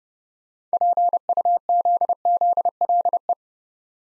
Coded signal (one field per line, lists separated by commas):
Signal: Morse code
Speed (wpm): 30 wpm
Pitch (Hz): 700 Hz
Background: none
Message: PUZZLE